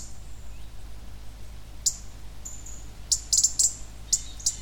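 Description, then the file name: European robin: a thin, high, drawn-out whistle opens, then scattered sharp ticks, bunching into a quick cluster of clicks later on, above a low steady hum. "Erithacus rubecula"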